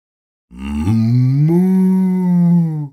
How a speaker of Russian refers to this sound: Откуда-то из-за наших спин донеслось едва слышное мычание двуголовой живности